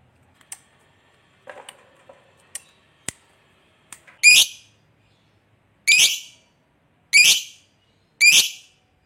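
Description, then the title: Lovebird calls: a few faint clicks and ticks early on, then four loud, harsh, shrill screeches. Lovebird described as very good at memancing, baiting other birds into calling. "Dari Gayanya Lovebird Ini Terlihat Pintar Sekali Memancing"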